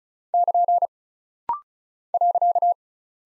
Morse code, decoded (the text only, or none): <KN> .